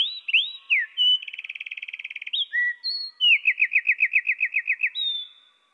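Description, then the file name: Eurasian wren song, pitched down, opening with whistled sliding notes, then a fast buzzy trill, more rising and falling notes and a second rattling trill of quick repeated notes. Pitched down one octave. "troglodyte-moins-1-octave"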